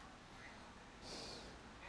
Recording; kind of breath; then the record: one breath in and out by a microphone near the nose and mouth; normal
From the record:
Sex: male